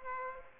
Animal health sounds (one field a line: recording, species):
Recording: mosquito wingbeat signal from an infrared sensor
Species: Aedes aegypti